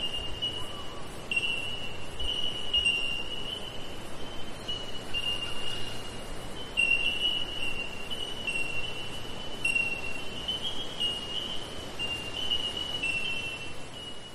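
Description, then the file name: Insects keep up a continuous high-pitched buzz that barely wavers, with occasional faint ringing notes and a soft low background rumble. Summer forest ambience in eastern Australia. "zapsplat. nature forest ambience eastern australia summer bell minors insects"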